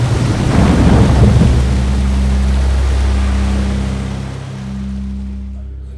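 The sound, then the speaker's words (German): A loud roaring surge of rushing water swells and crashes early on, then settles into a steady churning rumble beneath a deep, droning hum as a boat is lifted by a huge flood wave. “Das Boot wurde von einer gewaltigen Flutwelle gehoben und...”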